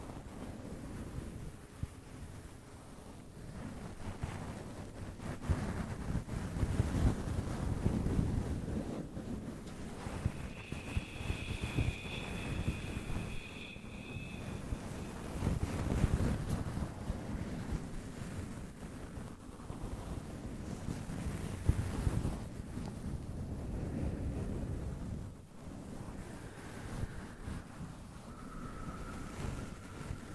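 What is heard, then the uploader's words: A fluffy microphone cover is scratched and brushed, making a dense, low rumbling rustle with irregular surges, strongest around 6–9 and 15–17 seconds. A faint steady whistling tone sounds from about 10 to 14 seconds, and a brief thin tone near the end. ASMR Shhh Slow Sleepy Fluffy Mic Scratching - no talking, blue yeti.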